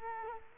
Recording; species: mosquito wingbeat signal from an infrared sensor; Culex quinquefasciatus